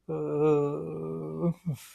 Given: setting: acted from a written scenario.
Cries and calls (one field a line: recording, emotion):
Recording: vocal sound without words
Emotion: shame